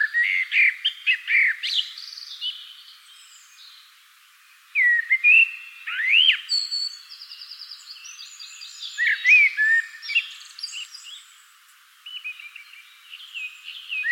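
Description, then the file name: Common blackbird song: fluty warbled phrases and higher squeaky twitters, in bursts with short pauses. "Turdus merula"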